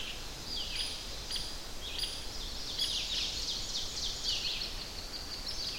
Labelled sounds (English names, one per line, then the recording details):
Ovenbird song
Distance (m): 75 m
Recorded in boreal forest in Alberta, Canada, on 10 June 2016 at 06:58
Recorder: SongMeter 3, array SBT-3-39
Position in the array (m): 196 m, 89 m
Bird 17